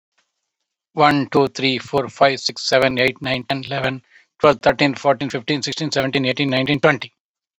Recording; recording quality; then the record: counting at a fast pace; excellent, no background noise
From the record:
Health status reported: COVID-19 positive, mild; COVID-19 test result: positive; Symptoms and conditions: cough, breathing difficulty, loss of smell and taste, chronic lung disease, pneumonia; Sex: male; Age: 48 years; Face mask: not worn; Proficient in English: yes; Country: India